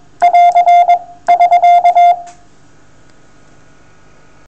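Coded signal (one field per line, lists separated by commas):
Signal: Morse code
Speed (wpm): 21 wpm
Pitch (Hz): 700 Hz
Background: none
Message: <AR> <SK>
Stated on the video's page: Morse telegraphy on 28 MHz from a Yaesu FT-8900.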